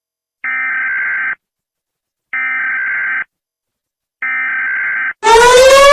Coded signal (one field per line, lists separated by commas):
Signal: Emergency Alert System (SAME) tones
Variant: header bursts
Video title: Mr incredible becoming uncanny: you hear this eas alarm pt.4